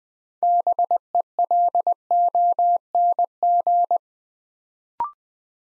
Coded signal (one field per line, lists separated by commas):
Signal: Morse code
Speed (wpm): 20 wpm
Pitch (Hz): 700 Hz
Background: none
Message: BELONG